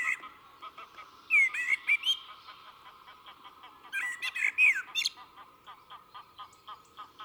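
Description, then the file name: Common blackbird warbling phrases with high scratchy endings over a steady rapid ticking in the background. "Turdus merula"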